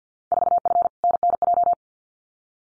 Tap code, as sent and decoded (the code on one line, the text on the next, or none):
none